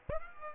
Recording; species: mosquito wingbeat signal from an infrared sensor; Aedes aegypti